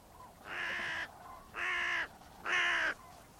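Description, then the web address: Bird calling with three harsh, drawn-out caws, each about half a second long and spaced roughly a second apart, over faint background hiss. "cianscape birddata Deverinetal 2025 Bird Only"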